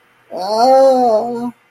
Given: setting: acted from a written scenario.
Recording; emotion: vocal sound without words; distress